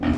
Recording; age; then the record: pig call; growing-finishing pig (85 days or more)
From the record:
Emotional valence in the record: negative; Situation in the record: barren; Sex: female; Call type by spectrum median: low-frequency call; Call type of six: low-frequency stable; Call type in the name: low-frequency stable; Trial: 1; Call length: 0.18 s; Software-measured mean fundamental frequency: 44 Hz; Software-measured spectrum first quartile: 202 Hz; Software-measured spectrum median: 305 Hz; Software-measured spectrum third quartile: 785 Hz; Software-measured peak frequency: 264 Hz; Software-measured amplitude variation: 156 dB a second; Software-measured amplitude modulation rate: 25.0 a second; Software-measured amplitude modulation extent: 6.2 dB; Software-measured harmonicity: 0.6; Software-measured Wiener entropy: -1.23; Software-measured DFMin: 522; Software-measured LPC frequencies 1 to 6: 278, 993, 1751, 2340, 3068, 4460 Hz